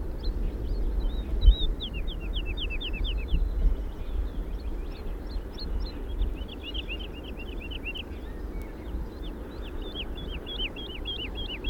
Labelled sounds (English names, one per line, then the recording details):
Wood Lark song
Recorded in the wild
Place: Schmale Heide, Insel Rügen, Mecklenburg-Vorpommern, DE
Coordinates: 54.45, 13.56
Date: 1969-05-18
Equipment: Nagra III BH, Sennheiser MD 21, parabola
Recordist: Schubert, Michael
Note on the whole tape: Gesang Heidelerche